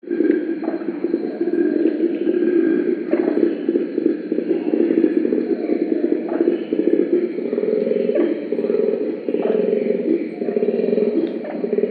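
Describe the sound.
Koala giving a long, continuous rasping bellow, a rough, throbbing low drone with rhythmic pulses and slight surges throughout.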